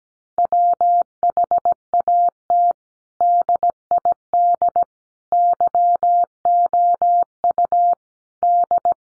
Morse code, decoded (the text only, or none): WHAT DID YOU D